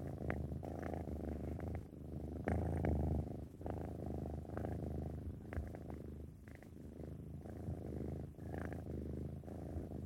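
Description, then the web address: Domestic cat purring, a deep pulsing rumble with in-and-out breath cycles and brief soft ticks. "animal cat"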